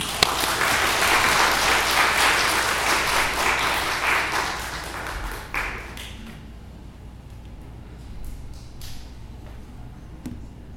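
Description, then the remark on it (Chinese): An audience at a church gathering applauds to welcome a missionary speaker, with dense, steady clapping for about six seconds, then it fades out, leaving a few scattered claps and light knocks over a quiet background. “请大家以热烈掌声欢迎。”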